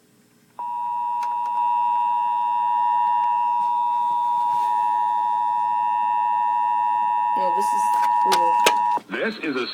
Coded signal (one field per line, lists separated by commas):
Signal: Emergency Alert System (SAME) tones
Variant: 853 and 960 Hz attention tone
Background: speech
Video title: AM/ FM Ohio Tornado Drill - EAS #31